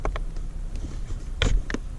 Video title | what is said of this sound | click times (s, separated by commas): 2 ways to install cabin filter Nissan Pathfinder / Infiniti JX35 - QX 60 | So you gotta push up here, hear a click, and then you just swing it right in the spot, | 1.4 s